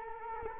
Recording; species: mosquito wingbeat signal from an infrared sensor; Culex quinquefasciatus